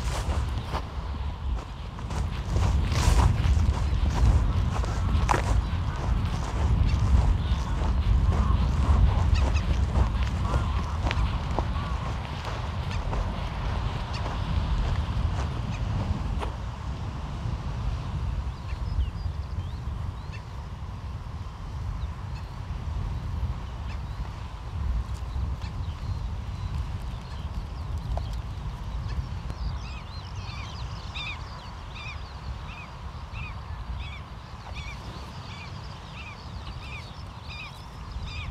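Waves wash in with a steady low rumble along the Omø coastline. Scattered sharp clicks and crunches fill the first fifteen seconds, then ease off. Near the end, from about thirty seconds, a bird calls in quick, regular repeated chirps.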